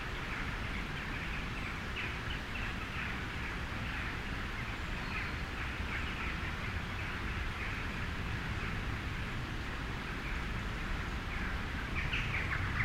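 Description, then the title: Western Jackdaws calling, repeated short clipped notes in loose bursts throughout, against a constant deep rushing noise. Several jackdaws recorded by flooded winterbournes, 25 October 2020, 12:53 pm. "Jackdaws And Flooded Winterbournes 25-10-2020 1253 pm"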